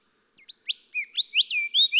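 Golden whistler song, a quick series of ringing whistled notes, some upslurred and some downslurred, growing louder through the phrase.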